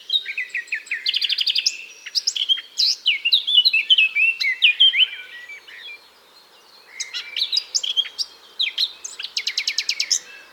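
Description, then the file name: Eurasian blackcap singing rapid phrases mixing fast buzzy trills with sweet sliding whistles, two main bursts split by a short lull. "Sylvia atricapilla"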